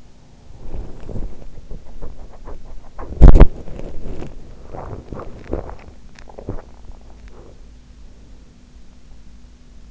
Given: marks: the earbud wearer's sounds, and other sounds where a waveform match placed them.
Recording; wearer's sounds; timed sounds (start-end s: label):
sounds in sleep by an in-ear microphone; teeth grinding, swallowing
0.00-5.82 s: teeth grinding
6.05-7.29 s: swallowing
7.29-7.59 s: teeth grinding